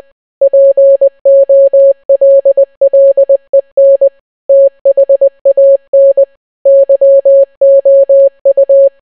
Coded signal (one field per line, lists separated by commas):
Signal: Morse code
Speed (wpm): 20 wpm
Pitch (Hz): 550 Hz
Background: none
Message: POLLEN THAN YOU